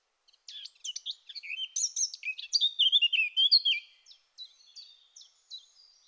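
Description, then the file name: Eurasian blackcap song, a fast, rich, high warble of varied twittering and whistled notes that grows louder midway and then trails off into softer chatter. "Sylvia atricapilla"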